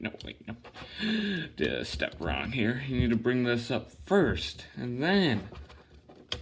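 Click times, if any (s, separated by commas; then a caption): 6.3 s. Someone talks while transforming a Transformers Studio Series #65 Blitzwing plastic action figure, bringing a section up first. At 6.3 s a single sharp, loud click sounds as the robot head seats into the figure's torso assembly, clicking into place.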